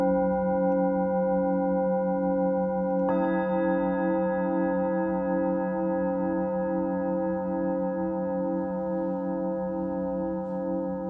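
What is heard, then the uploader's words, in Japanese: Singing bowls ring in a sustained, shimmering drone, with strong low tones pulsing in a slow wavering beat. Just after three seconds a second bowl is struck, adding brighter ringing tones above the first. The sound stays steady and full, without fading. シンギングボウルのサウンドヒーリングライブ。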